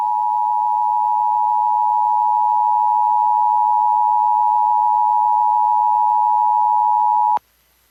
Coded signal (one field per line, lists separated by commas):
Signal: Emergency Alert System (SAME) tones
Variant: 853 and 960 Hz attention tone